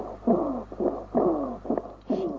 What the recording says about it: Wheezes, which are noises that we get where we've got lower airways being affected. So what we've got is turbulence through narrowed passageway. So this is things like feline asthma, where we literally get squeakiness or wheezes. can hear that squeakiness, that wheeziness. It's more common in cats.